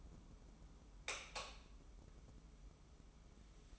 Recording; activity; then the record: daily activity, microphone in the room; light on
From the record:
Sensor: 1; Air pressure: 995.4 hPa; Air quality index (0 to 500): 26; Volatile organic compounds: 1 ppm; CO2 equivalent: 517 ppm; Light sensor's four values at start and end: 11/26/10/11 and 14/42/16/17